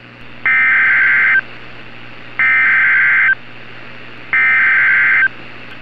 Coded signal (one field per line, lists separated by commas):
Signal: Emergency Alert System (SAME) tones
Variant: header bursts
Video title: EAS SCENARIO: Above The Clouds